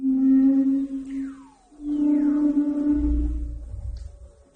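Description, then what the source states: Humpback whale calls: long low moaning tones, some with sliding whistle-like sweeps descending in pitch, and a deep rumbling sound under the second tone. Haunting calls of humpback whales swimming through frigid Antarctic waters, recorded with special microphones.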